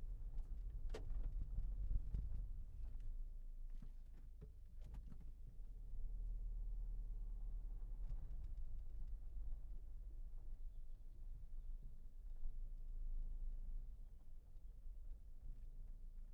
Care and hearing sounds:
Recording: everyday scene through a hearing-aid microphone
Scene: in a vehicle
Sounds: engine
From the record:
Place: Berlingo II, diesel engine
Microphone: behind the ear, left, rear

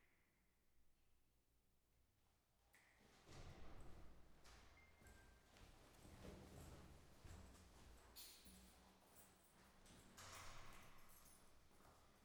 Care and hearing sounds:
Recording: everyday scene through a hearing-aid microphone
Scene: reverberant space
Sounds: background noise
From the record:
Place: staircase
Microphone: behind the ear, right, rear

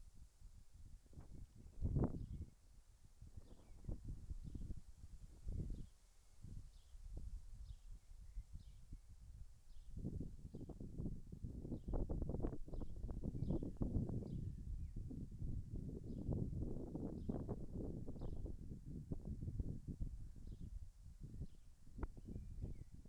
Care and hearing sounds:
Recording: everyday scene through a hearing-aid microphone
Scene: wind on the microphone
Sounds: wind, birds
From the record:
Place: in front of a rural house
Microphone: behind the ear, left, front

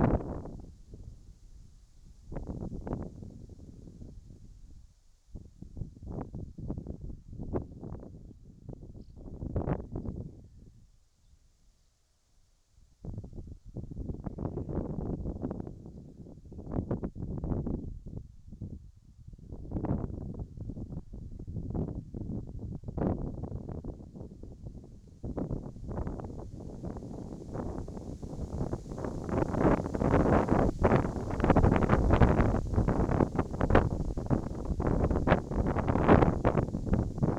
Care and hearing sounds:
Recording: everyday scene through a hearing-aid microphone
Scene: wind on the microphone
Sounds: wind, whistling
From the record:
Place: in front of a rural house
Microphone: in the ear canal, right

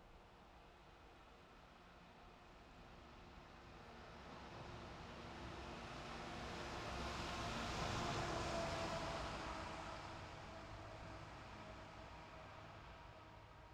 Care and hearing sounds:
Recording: everyday scene through a hearing-aid microphone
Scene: in traffic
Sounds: traffic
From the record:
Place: bus stop on a city main road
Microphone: in the ear canal, left

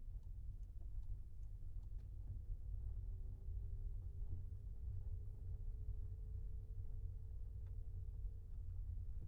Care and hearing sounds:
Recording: everyday scene through a hearing-aid microphone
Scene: in a vehicle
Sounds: engine, rumble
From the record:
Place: Skoda Fabia, gasoline engine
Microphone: behind the ear, left, front

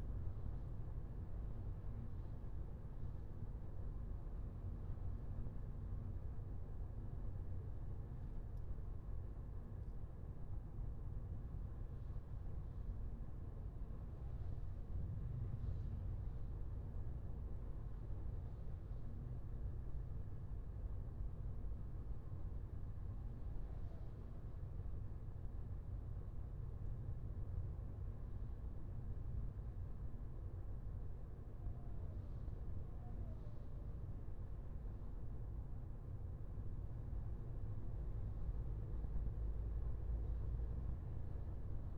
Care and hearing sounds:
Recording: everyday scene through a hearing-aid microphone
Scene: in a vehicle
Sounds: engine, highway driving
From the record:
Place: Skoda Fabia, gasoline engine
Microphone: behind the ear, left, rear

